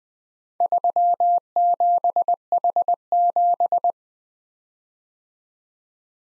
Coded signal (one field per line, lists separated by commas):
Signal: Morse code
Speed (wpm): 20 wpm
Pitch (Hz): 700 Hz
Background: none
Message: 37H7